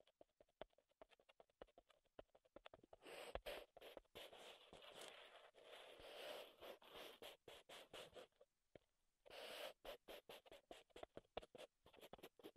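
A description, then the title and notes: Wooden triggers: quick tapping and scratching on wood, with dense bursts of clicks that blur into rough scraping from about 3 to 8 seconds. A short quiet gap near 9 seconds, then sharp brushing and taps resume, thinning into separate clicks by the end. ASMR Wood Triggers in Your Ears (No Talking).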